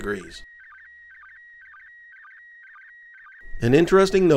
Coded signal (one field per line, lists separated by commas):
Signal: SSTV (slow-scan television)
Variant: PD 120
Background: speech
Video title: International Space Station - Slow Scan Television - December 2021